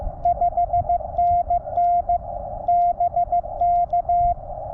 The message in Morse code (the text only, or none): 5NN BK